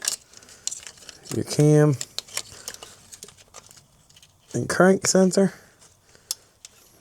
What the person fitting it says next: You hear that click?